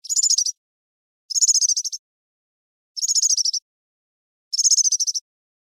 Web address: gesang. blv 1999 girlitz